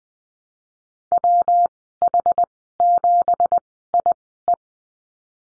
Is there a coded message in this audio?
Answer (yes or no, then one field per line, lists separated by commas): yes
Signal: Morse code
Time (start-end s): 1.1-4.5 s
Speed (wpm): 20 wpm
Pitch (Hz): 700 Hz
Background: none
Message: WH7IE